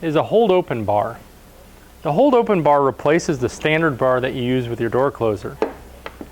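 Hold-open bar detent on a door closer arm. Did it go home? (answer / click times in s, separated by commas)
yes / 6.1 s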